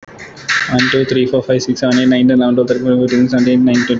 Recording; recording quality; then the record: counting at a fast pace; excellent, no background noise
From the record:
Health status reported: healthy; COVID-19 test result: negative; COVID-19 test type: RT-PCR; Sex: male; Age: 23 years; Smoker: no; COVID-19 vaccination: one dose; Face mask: not worn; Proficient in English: yes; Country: India